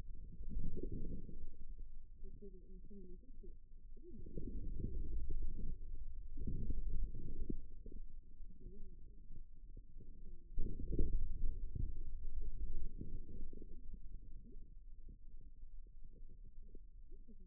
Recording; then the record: forearm muscle sounds (acoustic myography)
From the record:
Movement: inward rotation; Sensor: system 2, bracelet of six BSWA MPA416 microphones around the upper forearm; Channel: 1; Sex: male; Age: 22 years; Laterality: right